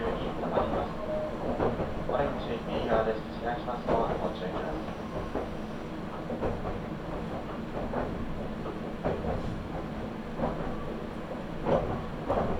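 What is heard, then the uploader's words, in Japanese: Inside a moving train, a steady low rumble and hum of the carriage fills the whole stretch at a fairly even level. Faint voices murmur in the background, and brief brighter clicks and squeaks from the wheels and car body come and go irregularly. 名古屋鉄道 西尾線 吉良吉田→新安城→知立。同じルートを戻って新安城を通り知立まで行きます。行きは普通でしたが帰りは急行ということで、西尾線内で4駅、本線で1駅飛ばしていきますが、神宮前まで急行でそこから普通列車に変わっています。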